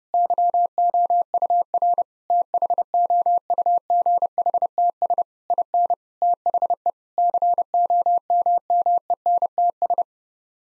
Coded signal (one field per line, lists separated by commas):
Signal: Morse code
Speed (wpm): 32 wpm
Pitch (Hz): 700 Hz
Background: none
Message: YOUR THOUGHTS IN THE COMMENTS